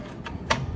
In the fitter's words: lock it into place here